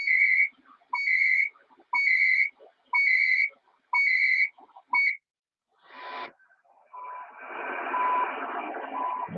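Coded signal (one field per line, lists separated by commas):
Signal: radio time signal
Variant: CHU 300-baud FSK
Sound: five one-second ticks, each followed by a half-second warbling data chirp, then static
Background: radio static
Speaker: it's 7850 is definitely better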